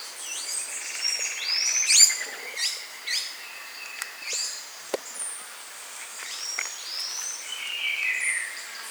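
Bird calls: a brief buzzy trill, then sharp high chirps and slurred whistles at irregular intervals, several birds calling among soft clicks.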